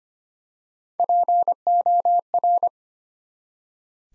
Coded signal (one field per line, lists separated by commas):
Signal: Morse code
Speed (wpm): 25 wpm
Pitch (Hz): 700 Hz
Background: none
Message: POR